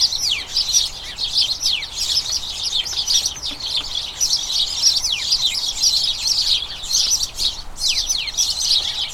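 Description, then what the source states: House sparrows keep up an incessant, busy chirping, many birds calling at once in a steady stream of short, sharp notes. A colony of about a dozen house sparrows chattering incessantly in a small front garden as crocuses bloom, turning their thoughts to the breeding season.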